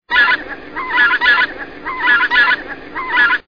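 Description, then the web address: Greater white-fronted goose calls: loud, nasal, two-note honks repeated about once a second, each a yelping pair with a buzzy edge. "ges bialoczelna"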